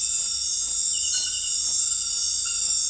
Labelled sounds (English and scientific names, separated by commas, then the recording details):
none
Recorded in dense forest near Puerto Asís, Putumayo, Colombia, on 20 February 2024 at 01:00
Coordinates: 0.484, -76.317
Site G6464